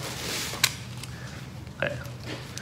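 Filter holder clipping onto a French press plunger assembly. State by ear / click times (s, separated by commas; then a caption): not seated / none. Someone handles the original holder piece of a French press plunger's mesh assembly, which has a paper filter sandwiched in it with a hole poked for the rod, bringing the holder back to clip onto the plunger. A sharp tap at about 0.6 s and softer knocks follow, while someone talks briefly. Nothing has seated or clicked yet.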